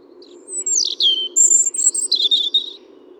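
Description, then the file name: European robin singing a short varied phrase: thin high whistles sliding down, then a bright note and a jangling twitter, over a steady low hum. "Erithacus rubecula"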